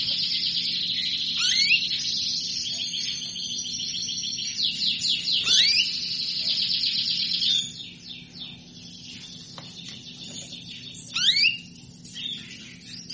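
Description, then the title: Canary song, a fast high twittering trill with sweeping buzzy notes and rolls, continuous for several seconds before fading, then brief rising chirps near the end. Female canary asking to mate; played to stimulate Belgian canaries into singing. "Canto Para Esquentar Canário Belga. Suara burung kenari betina minta kawin"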